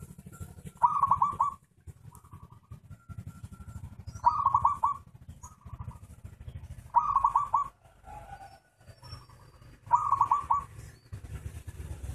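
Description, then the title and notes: Zebra dove song with stuttering, rolling coo phrases given four times at about three-second gaps, softer single notes between, and a low hum beneath. Compilation of zebra dove songs, usable for training (mastering) other caged birds. "Kupulan Burung Perkutut. burung perkutut yang bisa digunakan untuk memaster"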